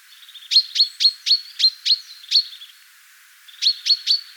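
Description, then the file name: Common chaffinch calls: a string of seven sharp high chirps about a quarter-second apart, a short silence, then three more quick chirps. "Fringilla coelebs"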